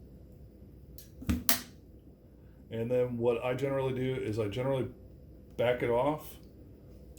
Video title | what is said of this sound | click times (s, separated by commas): How to install a Vortex Venom Red Dot. Swapping out a Burris FastFire 2 on a 45 degree mount. | and we're going to go ahead and turn it until it clicks. | 1.5 s